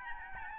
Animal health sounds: mosquito wingbeat signal from an infrared sensor; Aedes albopictus

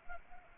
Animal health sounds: mosquito wingbeat signal from an infrared sensor; Anopheles arabiensis

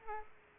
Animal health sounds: mosquito wingbeat signal from an infrared sensor; Aedes aegypti

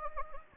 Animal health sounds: mosquito wingbeat signal from an infrared sensor; Anopheles gambiae

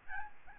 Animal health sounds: mosquito wingbeat signal from an infrared sensor; Aedes albopictus

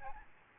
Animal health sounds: mosquito wingbeat signal from an infrared sensor; Aedes albopictus

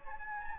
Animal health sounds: mosquito wingbeat signal from an infrared sensor; Anopheles gambiae

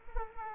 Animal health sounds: mosquito wingbeat signal from an infrared sensor; Culex quinquefasciatus

